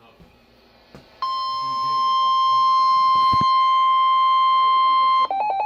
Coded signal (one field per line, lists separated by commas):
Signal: Emergency Alert System (SAME) tones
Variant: 1050 Hz attention tone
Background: speech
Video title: November 5th 2017 Severe Weather Outbreak! 6 EAS Alerts + STORM FOOTAGE